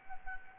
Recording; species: mosquito wingbeat signal from an infrared sensor; Anopheles gambiae